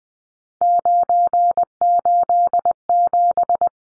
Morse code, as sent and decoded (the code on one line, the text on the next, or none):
----. ---.. --...
987